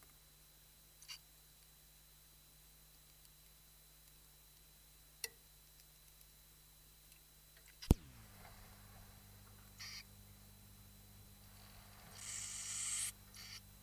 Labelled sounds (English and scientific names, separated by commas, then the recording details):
Western Bonelli's Warbler (Phylloscopus bonelli) call
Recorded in captivity
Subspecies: bonelli
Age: juvenile
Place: Zoologisches Institut Universität Tübingen, Baden-Württemberg, DE
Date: 1971-07-03
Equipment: Nagra III PH, MD 211
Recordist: Killmaier
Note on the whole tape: Phylloscopus bonelli bonelli. Kammernaufnahme. Einzellaute von 26-tägigen Tieren. MaAs: I.D